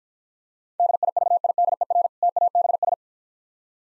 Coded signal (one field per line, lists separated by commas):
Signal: Morse code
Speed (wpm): 54 wpm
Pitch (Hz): 700 Hz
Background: none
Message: DIVIDER TABS